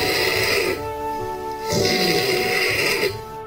Snoring. It sounds like a possum, doesn't it? Like a mating call.